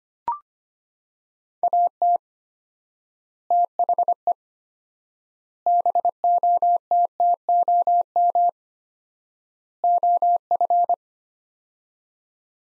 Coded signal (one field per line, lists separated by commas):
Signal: Morse code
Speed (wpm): 25 wpm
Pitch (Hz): 700 Hz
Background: none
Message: AT THE BOTTOM OF